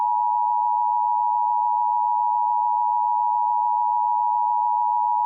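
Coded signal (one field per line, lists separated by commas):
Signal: Emergency Alert System (SAME) tones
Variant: 853 and 960 Hz attention tone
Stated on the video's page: Fictional EAS tones in an audio drama scenario.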